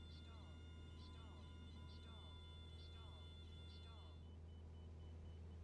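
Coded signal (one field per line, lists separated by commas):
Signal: none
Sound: flight sim warning beeps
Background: speech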